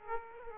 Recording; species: mosquito wingbeat signal from an infrared sensor; Aedes aegypti